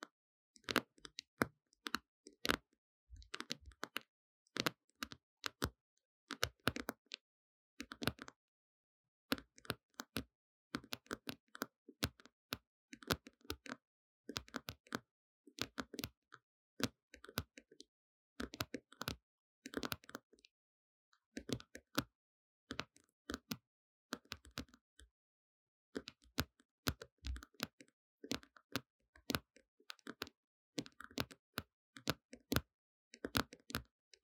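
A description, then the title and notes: Sharp tapping clicks fall in quick, irregular bursts across the whole half minute, each tap crisp and bright with a little body underneath. Short clusters of rapid taps alternate with brief silent gaps, a bit like keyboard typing, with no other sounds between them. Tapping.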